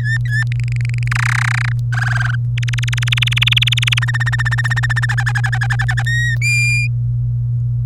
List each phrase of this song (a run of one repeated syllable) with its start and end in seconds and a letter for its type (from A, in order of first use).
0.00-0.43 A, 0.52-1.08 B, 1.11-1.72 C, 1.92-2.35 D, 2.58-3.99 E, 4.02-5.06 F, 5.09-6.03 G, 6.06-6.35 H